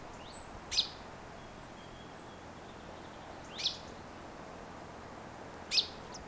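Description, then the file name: Common chaffinch call notes, three sharp bright clicks spaced a few seconds apart over low steady hiss. "Fringilla coelebs"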